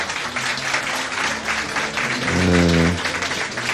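A studio audience applauds a four-and-a-half-year-old boy from Gdańsk, steadily, a dense patter of many hands clapping at once, with a low tonal hum rising briefly beneath it toward the end.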